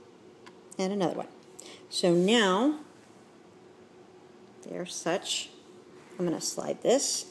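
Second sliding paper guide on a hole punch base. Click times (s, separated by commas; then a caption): 0.5 s. A second sliding paper guide on a hole punch base, a punch for A5, personal and pocket Filofaxes, is slid into its next detent position and clicks into place at 0.5 s with a short, faint snap. Someone then talks over the rest of the clip.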